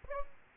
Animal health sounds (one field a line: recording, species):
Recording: mosquito wingbeat signal from an infrared sensor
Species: Aedes aegypti